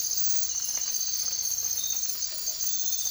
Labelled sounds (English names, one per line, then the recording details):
none
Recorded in dense forest near Puerto Asís, Putumayo, Colombia, on 24 March 2025 at 03:30
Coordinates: 0.503, -76.323
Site GP09